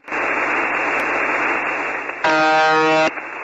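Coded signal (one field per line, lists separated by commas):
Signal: channel marker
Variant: UVB-76 (The Buzzer)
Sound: shortwave hiss, then one harsh, nasal buzz lasting just under a second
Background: radio static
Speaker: they say it's been going like this since the start whenever that was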